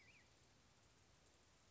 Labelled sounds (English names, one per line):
Black-headed Grosbeak